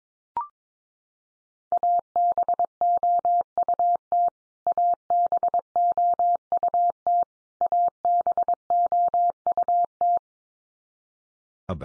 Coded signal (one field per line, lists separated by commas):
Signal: Morse code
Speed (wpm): 22 wpm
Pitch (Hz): 700 Hz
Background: none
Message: ABOUT ABOUT ABOUT